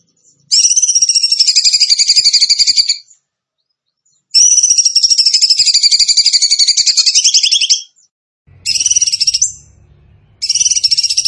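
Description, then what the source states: Bird song: high, rapid, pulsed trills in bursts of varying length, separated by short silences, with a faint low rumble near the end. Masteran (training song) in tembakan gacor style.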